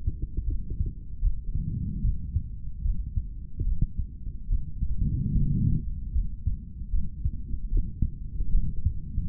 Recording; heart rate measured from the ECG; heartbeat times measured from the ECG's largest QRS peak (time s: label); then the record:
heart sounds by stethoscope; 74 bpm
0.45 s: heartbeat
1.20 s: heartbeat
2.01 s: heartbeat
2.82 s: heartbeat
3.64 s: heartbeat
4.48 s: heartbeat
5.32 s: heartbeat
6.12 s: heartbeat
6.90 s: heartbeat
7.70 s: heartbeat
8.52 s: heartbeat
From the record:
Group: healthy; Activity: rest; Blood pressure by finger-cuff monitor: 128/93 mmHg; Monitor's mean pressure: 104 mmHg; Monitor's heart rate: 75 bpm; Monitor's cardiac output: 3.5 L/min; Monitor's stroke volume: 47 mL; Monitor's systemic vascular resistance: 2220 dyn s/cm5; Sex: male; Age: 55 years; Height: 167 cm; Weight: 57.2 kg